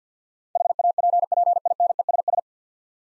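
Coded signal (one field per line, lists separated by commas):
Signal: Morse code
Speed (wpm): 50 wpm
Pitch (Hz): 700 Hz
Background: none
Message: HAPPINESS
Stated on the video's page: Morse practice at 50 wpm, 9-letter words with first 3 letters given, each word sent twice for head-copy and instant character recognition.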